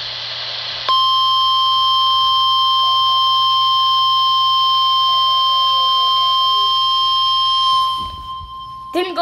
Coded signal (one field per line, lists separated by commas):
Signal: Emergency Alert System (SAME) tones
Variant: 1050 Hz attention tone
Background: speech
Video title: RWT 11:00 AM - 08/12/2020 | With Robloxia!! EAS #40 Required Weekly Test On KIH63 And KHB32